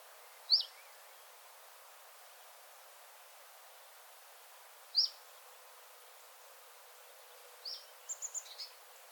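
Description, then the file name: Common chiffchaff: two lone high, downslurred notes several seconds apart, then a quick run of several sharp notes near the end, over faint steady hiss. "zilpzalp"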